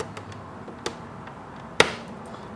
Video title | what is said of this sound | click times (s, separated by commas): WASD V1 Disassembly and Switch Replacement | see you hear that little snapped open a little bit and once you got the the back open | 1.8 s